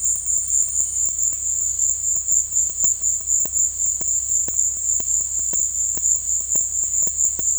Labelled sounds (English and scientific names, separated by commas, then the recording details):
none
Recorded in dense forest near Puerto Asís, Putumayo, Colombia, on 18 February 2024 at 16:00
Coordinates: 0.487, -76.319
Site G6403